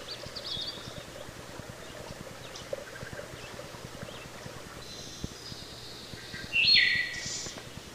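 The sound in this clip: Wood thrush, faint against background noise: faint high trills, then one clearer fluted phrase near the end.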